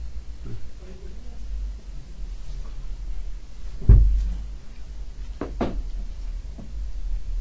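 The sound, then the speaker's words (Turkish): A chair is moved out of the way because it blocks the speaker's view: a dull thump, then a couple of sharp knocks and light scraping, over a low background hum with faint murmuring voices. “O sandalyeyi de oradan alalım.”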